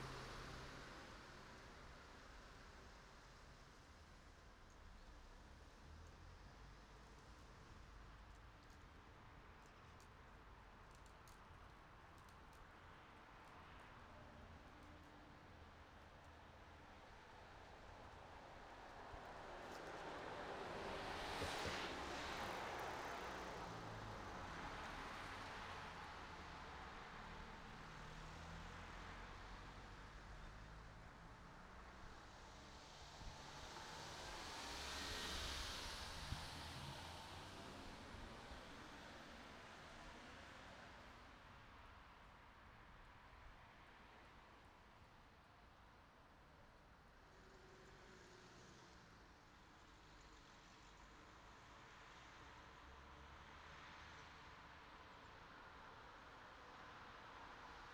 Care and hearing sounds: everyday scene through a hearing-aid microphone; in traffic; traffic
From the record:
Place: city secondary road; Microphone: in the ear canal, right

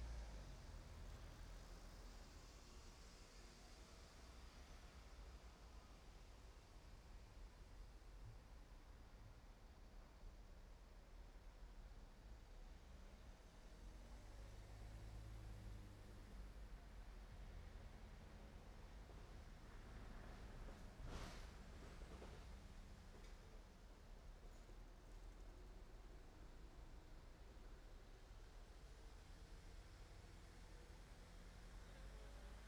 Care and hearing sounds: everyday scene through a hearing-aid microphone; in traffic; traffic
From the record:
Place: main road on the outskirts, rush hour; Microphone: behind the ear, right, front

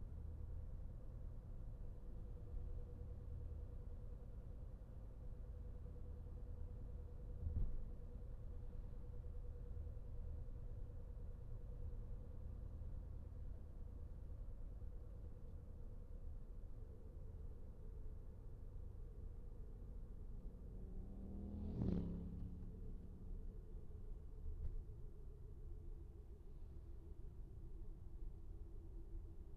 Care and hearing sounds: everyday scene through a hearing-aid microphone; in a vehicle; engine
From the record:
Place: VW T5 Caravelle, diesel engine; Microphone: behind the ear, right, front

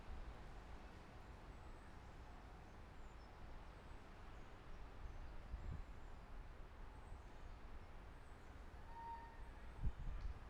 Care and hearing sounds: everyday scene through a hearing-aid microphone; wind on the microphone; gentle breeze, voices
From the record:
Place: parking lot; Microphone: behind the ear, left, rear

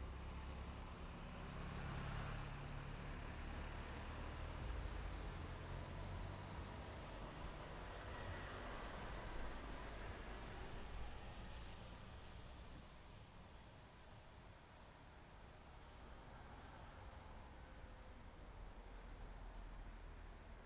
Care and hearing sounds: everyday scene through a hearing-aid microphone; in traffic; traffic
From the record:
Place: main road on the outskirts, rush hour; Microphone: behind the ear, left, front

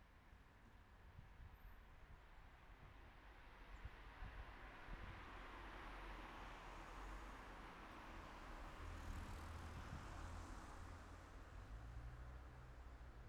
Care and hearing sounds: everyday scene through a hearing-aid microphone; in traffic; traffic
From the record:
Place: city secondary road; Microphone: behind the ear, right, front

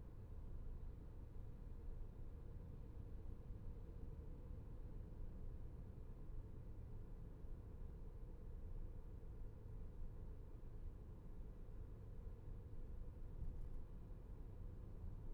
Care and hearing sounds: everyday scene through a hearing-aid microphone; in a vehicle; engine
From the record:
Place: VW T5 Caravelle, diesel engine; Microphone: behind the ear, left, rear

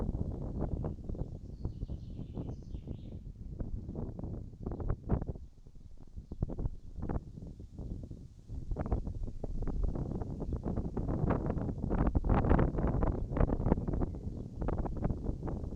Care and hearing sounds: everyday scene through a hearing-aid microphone; wind on the microphone; wind, birds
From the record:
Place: in front of a rural house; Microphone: in the ear canal, right

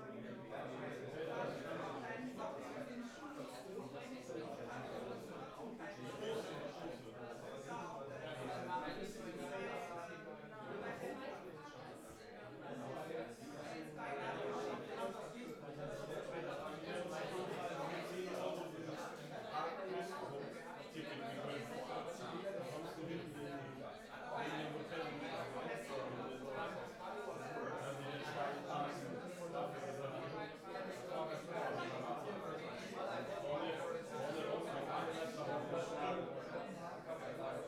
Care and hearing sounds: everyday scene through a hearing-aid microphone; many people talking; many voices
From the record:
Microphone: behind the ear, right, front

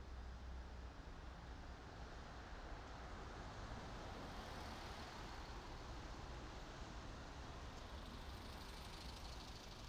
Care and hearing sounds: everyday scene through a hearing-aid microphone; in traffic; traffic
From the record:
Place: main city hub, rush hour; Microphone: in the ear canal, right

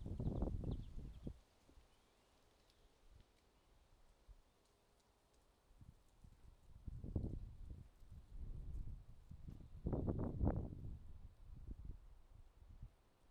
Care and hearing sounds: everyday scene through a hearing-aid microphone; wind on the microphone; wind, traffic, birds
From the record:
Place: suburban garden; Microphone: in the ear canal, left

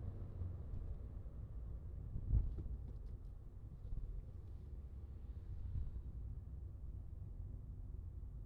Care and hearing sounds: everyday scene through a hearing-aid microphone; in a vehicle; engine, rumble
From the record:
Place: Skoda Fabia, gasoline engine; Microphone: in the ear canal, left

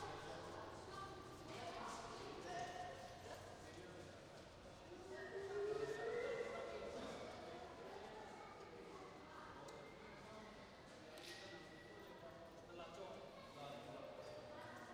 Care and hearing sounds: everyday scene through a hearing-aid microphone; reverberant space; background noise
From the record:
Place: railway station hall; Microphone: in the ear canal, right

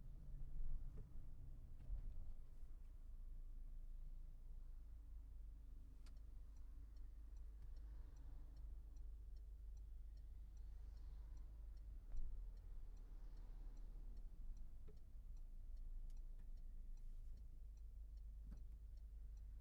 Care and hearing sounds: everyday scene through a hearing-aid microphone; in a vehicle; engine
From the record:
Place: Berlingo II, diesel engine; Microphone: behind the ear, left, rear

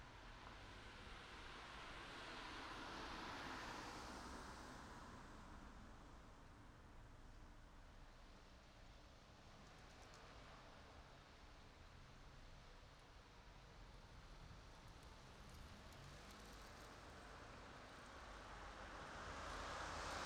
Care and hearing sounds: everyday scene through a hearing-aid microphone; in traffic; traffic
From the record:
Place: city secondary road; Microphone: in the ear canal, right

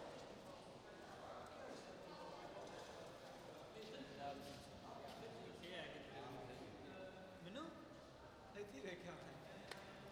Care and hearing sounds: everyday scene through a hearing-aid microphone; reverberant space; background noise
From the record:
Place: railway station hall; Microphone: in the ear canal, right

